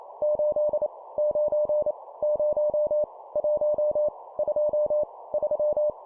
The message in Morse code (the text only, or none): 8 9 0 1 2 3